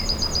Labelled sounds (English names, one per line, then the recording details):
Yellowhammer song
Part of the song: start
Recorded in the Czech Republic on 13 July 2013
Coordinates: 51.013, 14.350
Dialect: BE
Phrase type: D5
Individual 316791